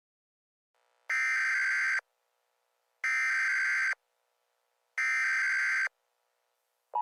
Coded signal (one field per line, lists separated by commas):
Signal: Emergency Alert System (SAME) tones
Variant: header bursts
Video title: (Analog Horror) EAS Mock #25 : Distorted Reality